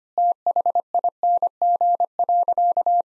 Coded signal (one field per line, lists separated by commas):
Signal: Morse code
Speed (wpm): 25 wpm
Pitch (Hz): 700 Hz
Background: none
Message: THING.